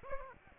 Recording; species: mosquito wingbeat signal from an infrared sensor; Aedes aegypti